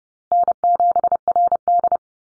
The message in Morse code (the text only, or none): N7RD